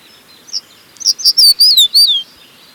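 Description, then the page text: Crested bunting song: one lone high note, then a brief phrase of bright chirped notes ending in a falling slurred whistle. "Crested Bunting Song. Quick Sounds"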